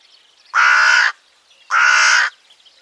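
Bird calling twice with rough, grating caws of even length, spaced just over a second apart; soft chirps from other birds sit quietly in the background.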